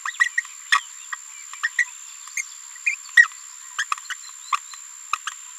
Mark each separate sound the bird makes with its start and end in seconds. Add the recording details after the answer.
0.05-0.12, 0.19-0.28, 0.37-0.42, 0.72-0.80, 1.63-1.69, 1.78-1.84, 2.37-2.42, 2.86-2.95, 3.17-3.27, 3.78-3.84, 3.92-3.94, 4.10-4.14. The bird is a female. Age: 27 days. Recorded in a nest box in Venezuela. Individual 17B73B2